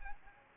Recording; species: mosquito wingbeat signal from an infrared sensor; Aedes aegypti